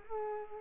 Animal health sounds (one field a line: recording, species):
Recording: mosquito wingbeat signal from an infrared sensor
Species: Culex pipiens